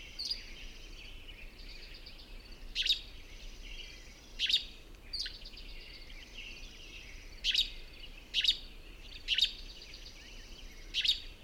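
Bird singing: a tangle of high chirps and warbled phrases, with sharp loud clicks or snaps recurring every second or two over a steady background hiss.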